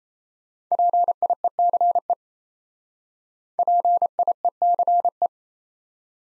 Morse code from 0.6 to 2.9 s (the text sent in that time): PIECE